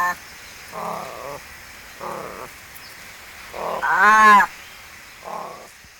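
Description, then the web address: Domestic cat giving several short nasal meows, with one louder, longer yowl in the later part of the series. "karlammann. Tierstimmen Katze"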